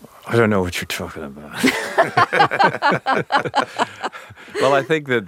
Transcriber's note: laughing